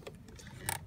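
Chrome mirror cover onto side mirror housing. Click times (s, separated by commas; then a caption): 0.1 s, 0.7 s. A chrome plastic replacement mirror cover is pressed onto the driver-side mirror housing of a 2015–2017 Chevrolet Impala. A small click comes at 0.1 s, then a louder, sharper click at 0.7 s. The cover only partly seats, leaving a small gap, so it is not fully home.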